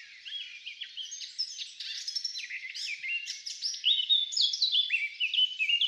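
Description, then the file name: Eurasian blackcap singing a rapid, varied warble of high chattering notes that builds into louder, clearer fluted phrases toward the end. "Sylvia atricapilla"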